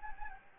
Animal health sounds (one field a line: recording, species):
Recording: mosquito wingbeat signal from an infrared sensor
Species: Anopheles gambiae